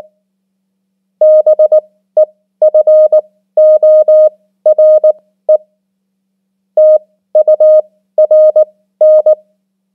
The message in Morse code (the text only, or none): BEFORE TURN